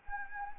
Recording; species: mosquito wingbeat signal from an infrared sensor; Anopheles gambiae